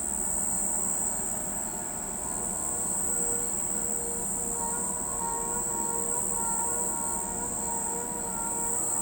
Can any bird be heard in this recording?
no